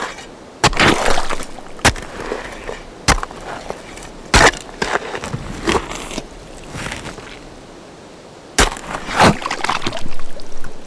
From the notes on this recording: digging with shovels and picks in underground mines, blowing up stone walls